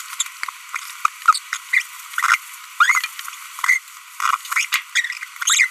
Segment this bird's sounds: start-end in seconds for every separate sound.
0.20-0.23, 1.53-1.57, 1.73-1.82, 2.14-2.36, 2.80-3.06, 3.64-3.78, 4.20-4.36, 4.52-4.65, 4.95-5.06, 5.42-5.67